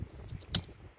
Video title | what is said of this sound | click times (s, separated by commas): How To Replace Wiper Blades - Nissan Qashqai | should click in | 0.5 s